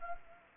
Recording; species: mosquito wingbeat signal from an infrared sensor; Anopheles gambiae